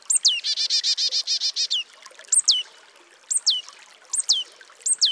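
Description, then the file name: Marsh Tit calls: a sharp downslurred note, then a buzzy rapid chatter of about ten notes, then several sharp high notes slurring steeply downward, about one per second. "Poecile palustris"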